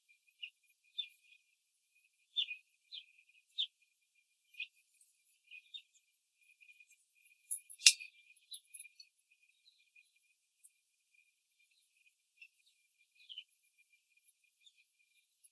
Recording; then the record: young laying hens in a cage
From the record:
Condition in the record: control cage, after the stress test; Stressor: none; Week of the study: 4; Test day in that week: 3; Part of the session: 2